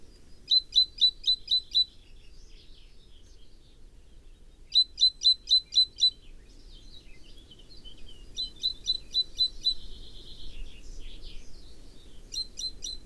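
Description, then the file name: Great tit giving repeated bursts of sharp, high notes about every four seconds, with soft twittering between and a steady background hiss. "Parus major"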